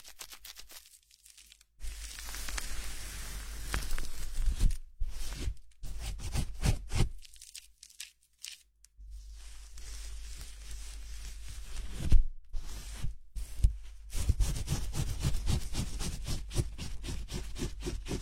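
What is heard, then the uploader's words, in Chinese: Foamy shampoo being massaged into hair: dense wet crackling and squishing in bursts, with brief silent pauses around 2, 8 and 13 seconds. 泡沫洗头 按摩。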